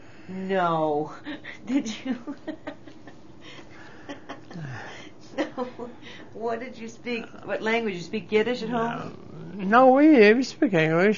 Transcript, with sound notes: No! Did you? ( she laughs ) What did you speak, what language, did you speak Yiddish at home?
No, we didn't we speak English.